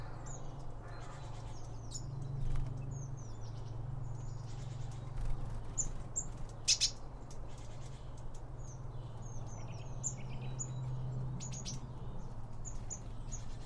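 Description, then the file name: Birds chirp in many short, high notes scattered throughout, with a few louder squeaky calls over a steady low hum. Birds around a bird feeder, recorded with two Line Audio OM1 microphones. "Birds Around Birdfeeding With Two Om 1 From Line Audio"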